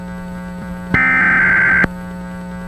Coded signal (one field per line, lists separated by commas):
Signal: Emergency Alert System (SAME) tones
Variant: header bursts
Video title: EAS Mock - vintage Transmission screen from 80s/90s [Long Island NY]